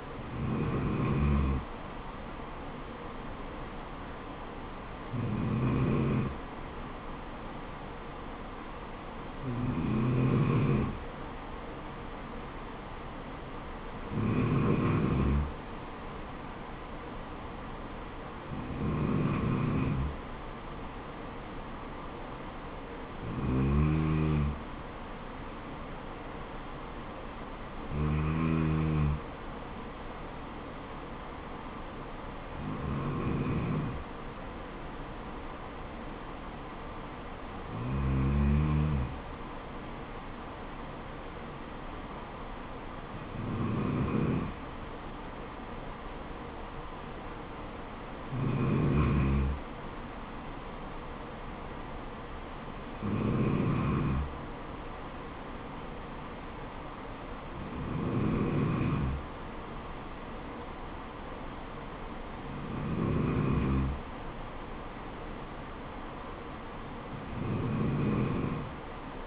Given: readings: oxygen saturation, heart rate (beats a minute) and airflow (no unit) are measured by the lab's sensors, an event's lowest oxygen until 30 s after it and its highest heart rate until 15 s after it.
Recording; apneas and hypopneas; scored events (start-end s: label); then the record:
breathing in sleep by a voice recorder at the bedside; none
none scored
From the record:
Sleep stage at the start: N2 (light sleep); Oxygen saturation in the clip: 93 to 94%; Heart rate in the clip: 66 to 75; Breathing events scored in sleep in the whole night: 426 in 7.4 hours asleep